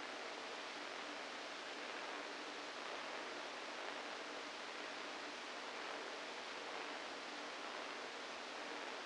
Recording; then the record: brain microelectrode recording played as sound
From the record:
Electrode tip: inside the subthalamic nucleus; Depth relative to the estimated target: -3 mm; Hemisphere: right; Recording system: NeuroSet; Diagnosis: Parkinson's disease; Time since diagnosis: 7 years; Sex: female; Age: 68 years